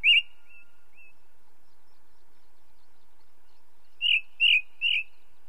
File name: belozobij drozd na fone legkij shum prirodi